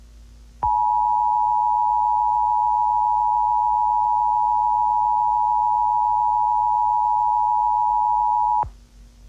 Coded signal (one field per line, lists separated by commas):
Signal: Emergency Alert System (SAME) tones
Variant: 853 and 960 Hz attention tone